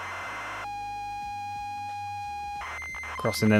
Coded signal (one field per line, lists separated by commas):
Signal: ZX Spectrum tape loading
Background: speech